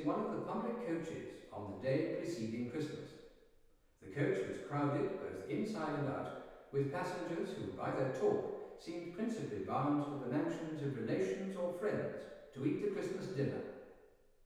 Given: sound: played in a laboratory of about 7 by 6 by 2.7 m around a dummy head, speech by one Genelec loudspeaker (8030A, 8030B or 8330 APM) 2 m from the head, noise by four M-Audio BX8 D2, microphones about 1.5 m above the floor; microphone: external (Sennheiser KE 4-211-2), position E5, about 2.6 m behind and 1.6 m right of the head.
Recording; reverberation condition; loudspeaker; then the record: male speech in English; high; 90 degrees to the left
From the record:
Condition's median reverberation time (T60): about 1300 ms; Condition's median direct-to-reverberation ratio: about -4.0 dB